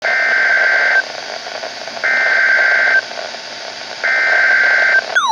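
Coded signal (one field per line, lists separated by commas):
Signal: Emergency Alert System (SAME) tones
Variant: header bursts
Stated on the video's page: Flash Flood Warning on a NOAA Weather Radio station.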